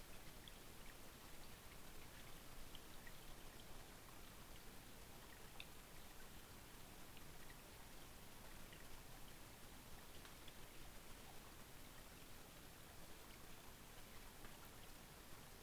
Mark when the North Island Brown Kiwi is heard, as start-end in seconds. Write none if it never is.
none